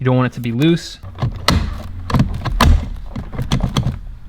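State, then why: Seated. A two-pin plug is pushed onto the steering wheel socket of a BMW (E90/E91/E92/E93) while paddle shifters are being retrofitted, until its top piece latches. Someone talks over brief music at the start, and the plug clicks into place at 2.6 s, confirmed as seated.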